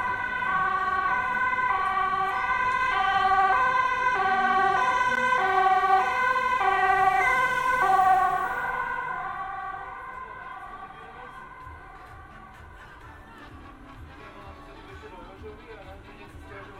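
Binaural street recording in Amsterdam where a two-tone emergency siren alternates loudly for eight seconds, then fades into a low traffic rumble.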